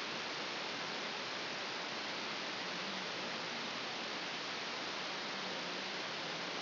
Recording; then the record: brain microelectrode recording played as sound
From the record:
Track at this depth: inside the subthalamic nucleus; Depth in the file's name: 2.931 mm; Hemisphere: left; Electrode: 2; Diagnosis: Parkinson's disease